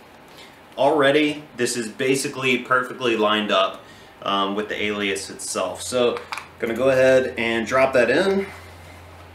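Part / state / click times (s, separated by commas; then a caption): holster top-mount clip into magnetic belt mount / not seated / none. Someone talks while lining up a holster's top-mount clip with a NeoMag Alias magnetic belt mount, getting ready to drop it in. The holster is handled but not yet home; nothing has seated or clicked yet.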